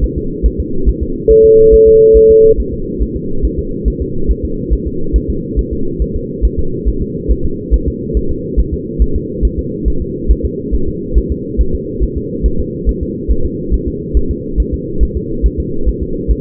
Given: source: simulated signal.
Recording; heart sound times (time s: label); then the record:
fetal heart sounds
0.04 s: S1
0.18 s: S2
0.46 s: S1
0.60 s: S2
0.89 s: S1
1.03 s: S2
1.31 s: S1
1.45 s: S2
1.74 s: S1
1.88 s: S2
2.17 s: S1
2.31 s: S2
2.60 s: S1
2.74 s: S2
3.03 s: S1
3.16 s: S2
3.45 s: S1
3.59 s: S2
3.88 s: S1
4.02 s: S2
4.31 s: S1
4.45 s: S2
4.73 s: S1
4.87 s: S2
5.16 s: S1
5.30 s: S2
5.59 s: S1
5.73 s: S2
6.02 s: S1
6.16 s: S2
6.45 s: S1
6.59 s: S2
6.88 s: S1
7.02 s: S2
7.31 s: S1
7.45 s: S2
7.74 s: S1
7.88 s: S2
8.17 s: S1
8.31 s: S2
8.59 s: S1
8.73 s: S2
9.02 s: S1
9.16 s: S2
9.45 s: S1
9.59 s: S2
9.88 s: S1
10.02 s: S2
10.31 s: S1
10.45 s: S2
10.75 s: S1
10.89 s: S2
11.18 s: S1
11.32 s: S2
11.61 s: S1
11.75 s: S2
12.03 s: S1
12.17 s: S2
12.46 s: S1
12.60 s: S2
12.89 s: S1
13.03 s: S2
13.31 s: S1
13.45 s: S2
13.74 s: S1
13.88 s: S2
14.17 s: S1
14.31 s: S2
14.60 s: S1
14.74 s: S2
15.03 s: S1
15.17 s: S2
15.46 s: S1
15.60 s: S2
15.89 s: S1
16.03 s: S2
16.31 s: S1
From the record:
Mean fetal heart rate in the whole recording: 140 bpm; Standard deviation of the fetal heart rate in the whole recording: 2 bpm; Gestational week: 34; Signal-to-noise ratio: -8.1 dB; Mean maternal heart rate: 72 bpm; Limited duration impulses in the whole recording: present